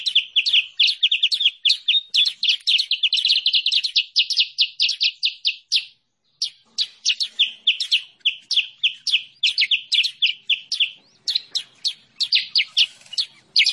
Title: Masteran Kutilang Sutra. suara pikat burung kutilang sutra